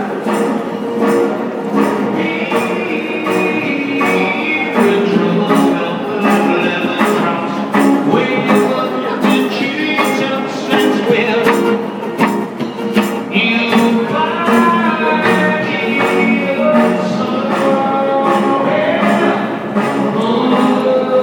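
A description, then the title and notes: A busker performs a sustained melody of held mid-range notes running continuously over a steady tapping beat about twice a second. The level stays even throughout, with faint voices and echo behind the music. Busker at south Kensington by Bougie.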